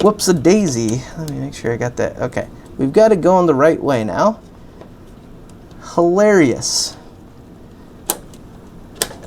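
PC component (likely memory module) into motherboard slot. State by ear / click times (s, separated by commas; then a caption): seated / 8.1 s, 9.0 s. A PC component, likely a memory module with latches at both ends, is reseated into a motherboard slot after it had been sticking off to the side, probably jammed in without fully seating the first time. Someone talks for the first few seconds, then two loud, sharp clicks ring out at 8.1 s and 9.0 s. The component is confirmed seated with two clicks.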